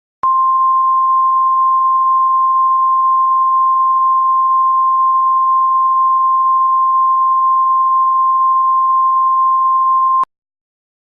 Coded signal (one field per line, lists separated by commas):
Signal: Emergency Alert System (SAME) tones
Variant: 1050 Hz attention tone